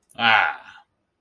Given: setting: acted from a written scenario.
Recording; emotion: vocal sound without words; triumph